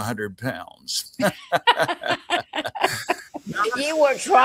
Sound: laughter